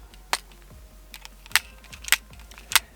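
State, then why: Not seated. An aftermarket magazine from another maker, with slightly higher feed lips, is pushed several times into the magazine well in the grip of a Kel-Tec P15 micro 9mm pistol. Sharp plastic-and-metal clacks ring out at about 0.3, 1.6, 2.1 and 2.8 seconds, with faint handling noise between them. The magazine does not seat or lock in at all because of its feed lips, and nothing has clicked into place.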